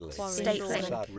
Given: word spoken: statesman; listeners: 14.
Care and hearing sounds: one English word in noise, from a listening test; four-talker babble; -0.6 dB; 0 of 14; 6 of 14; 0.79 s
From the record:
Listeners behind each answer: 6, 4, 3, 1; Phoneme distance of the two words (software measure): 14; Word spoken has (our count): 2 syllables, 8 phonemes, stress on syllable 1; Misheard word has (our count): 2 syllables, 8 phonemes, stress on syllable 1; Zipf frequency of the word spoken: 3.33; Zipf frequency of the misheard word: 4.75

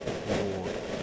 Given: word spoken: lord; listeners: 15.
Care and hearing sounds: one English word in noise, from a listening test; noise modulated by three-talker babble; -3.6 dB; 4 of 15; 6 of 15; 0.63 s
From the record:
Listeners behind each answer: 6, 4, 2, 1, 1, 1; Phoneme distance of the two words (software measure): 10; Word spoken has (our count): 1 syllable, 3 phonemes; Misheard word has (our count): 1 syllable, 3 phonemes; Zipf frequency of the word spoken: 5.07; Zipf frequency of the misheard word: 4.29

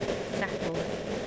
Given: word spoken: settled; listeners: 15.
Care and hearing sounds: one English word in noise, from a listening test; noise modulated by three-talker babble; -4.7 dB; 0 of 15; 9 of 15; 0.87 s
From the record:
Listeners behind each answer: 9, 4, 1, 1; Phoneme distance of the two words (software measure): 7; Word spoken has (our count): 2 syllables, 5 phonemes, stress on syllable 1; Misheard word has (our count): 2 syllables, 4 phonemes, stress on syllable 1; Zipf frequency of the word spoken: 4.37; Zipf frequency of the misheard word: 4.39

